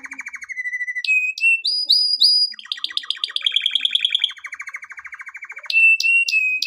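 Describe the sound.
Canary song in varied tours: rapid trills, sharp upswept whistles and a long pulsed roll, moving from one phrase to the next with little pause.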